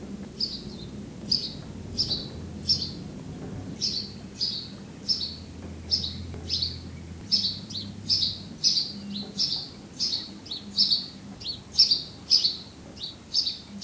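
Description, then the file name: House sparrow giving repeated short chirps, softer at first and growing louder and quicker toward the end, with a low hum underneath. "Passer domesticus"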